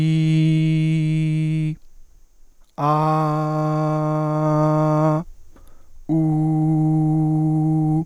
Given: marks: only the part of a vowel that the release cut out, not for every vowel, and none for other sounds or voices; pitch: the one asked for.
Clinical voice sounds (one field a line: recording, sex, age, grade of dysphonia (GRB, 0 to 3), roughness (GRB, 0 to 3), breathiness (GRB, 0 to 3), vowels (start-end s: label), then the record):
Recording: sustained vowels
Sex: male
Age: 20 to 29 years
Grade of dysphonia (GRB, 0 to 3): 0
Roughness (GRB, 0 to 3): 0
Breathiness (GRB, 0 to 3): 0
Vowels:
0.00-1.57 s: vowel /i/, normal pitch
3.14-5.00 s: vowel /a/, normal pitch
6.32-7.85 s: vowel /u/, normal pitch
From the record:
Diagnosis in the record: healthy voice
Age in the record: 21 years